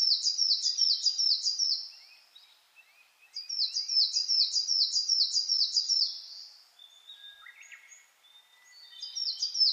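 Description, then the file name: Coal tit delivering rapid, high, repeated two-note phrases, three bursts in under ten seconds. Recorded 10 June 2009 at 06:39. "higara-20090610-0639"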